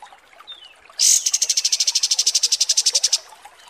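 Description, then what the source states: Kapas tembak song: a sharp high note opening a rapid, steady trill of about twenty evenly spaced high notes lasting two seconds, then quiet. Masteran song used for training birds; 'mewah' (luxurious) kapas tembak.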